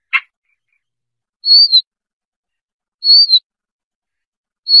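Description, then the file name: Siberian rubythroat calls: one sharp click, then high, level, slightly falling whistles repeated about every one and a half seconds. "Tieng chim oanh co do"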